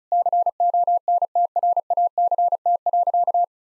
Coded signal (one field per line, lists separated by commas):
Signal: Morse code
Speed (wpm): 36 wpm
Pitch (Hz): 700 Hz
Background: none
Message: CONTRACT.